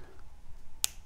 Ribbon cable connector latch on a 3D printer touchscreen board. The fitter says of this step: autre côté on entend un petit clip